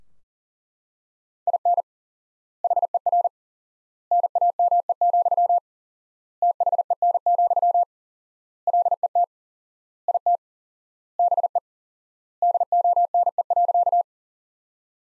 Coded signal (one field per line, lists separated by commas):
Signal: Morse code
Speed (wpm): 40 wpm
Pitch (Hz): 700 Hz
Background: none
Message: IN HER NAME, THEN, LET IT BE DONE.